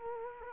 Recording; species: mosquito wingbeat signal from an infrared sensor; Culex quinquefasciatus